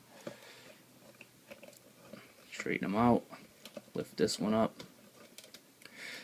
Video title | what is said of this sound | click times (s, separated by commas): TFP Beast hunters voyager predacon grimwing review | now this part doesn't really lock into place like it just doesn't lock in I don't | none